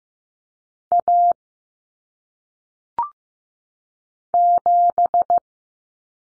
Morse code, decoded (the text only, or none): A 7